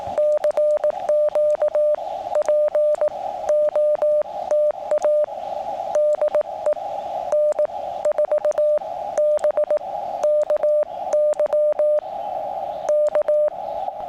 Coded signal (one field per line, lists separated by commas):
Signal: Morse code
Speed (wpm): 18 wpm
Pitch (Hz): 600 Hz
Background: radio noise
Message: CQ POTA DE N4BKY K